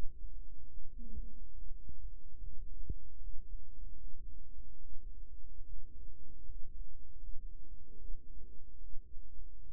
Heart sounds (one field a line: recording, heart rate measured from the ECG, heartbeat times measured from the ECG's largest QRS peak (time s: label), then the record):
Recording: heart sounds by microphone in the right ear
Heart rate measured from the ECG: 74 bpm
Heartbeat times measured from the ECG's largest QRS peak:
0.69 s: heartbeat
1.54 s: heartbeat
2.39 s: heartbeat
3.18 s: heartbeat
3.96 s: heartbeat
4.80 s: heartbeat
5.65 s: heartbeat
6.46 s: heartbeat
7.18 s: heartbeat
7.97 s: heartbeat
8.79 s: heartbeat
9.65 s: heartbeat
From the record:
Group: healthy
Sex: female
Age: 22 years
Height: 160 cm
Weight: 63 kg